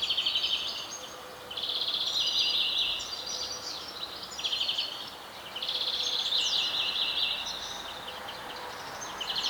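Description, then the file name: European greenfinch giving bursts of fast, rattling trills separated by short pauses, against constant hiss. "Chloris chloris"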